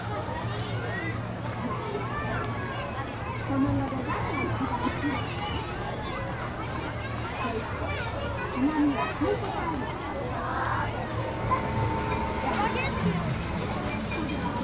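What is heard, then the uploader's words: Crowds fill an amusement park with a steady, dense mix of overlapping voices and chatter. A low hum runs underneath throughout, with brief louder calls around four and nine seconds and a bright tonal sound near eleven seconds. Crowds in the Park. Carousel.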